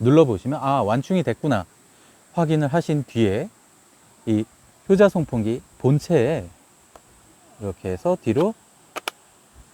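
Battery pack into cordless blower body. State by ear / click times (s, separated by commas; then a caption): seated / 9.1 s. Someone talks while a fully charged battery pack is slid backwards into the body of a Hyoja cordless blower. A sharp, loud click at 9.1 s marks the pack latching into place, confirming it is seated.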